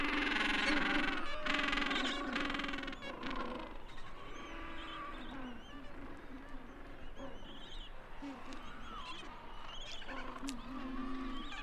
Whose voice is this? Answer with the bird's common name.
Gentoo Penguin